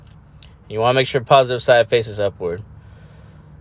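A CR2032 coin cell is pressed back into its plastic battery holder in a Volkswagen ID4, ID3 or VW BUZZ key fob. A short, sharp click at 0.4 seconds marks the cell seating in the holder, and then someone talks. The battery is seated.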